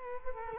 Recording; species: mosquito wingbeat signal from an infrared sensor; Culex quinquefasciatus